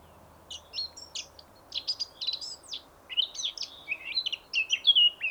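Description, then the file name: Eurasian blackcap singing a quick, varied warble that grows louder and more whistled after the midpoint. "Sylvia atricapilla"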